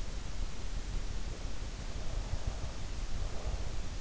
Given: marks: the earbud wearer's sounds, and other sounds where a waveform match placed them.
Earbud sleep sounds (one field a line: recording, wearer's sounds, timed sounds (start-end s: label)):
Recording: sounds in sleep by an in-ear microphone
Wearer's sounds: breath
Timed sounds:
1.88-3.85 s: breath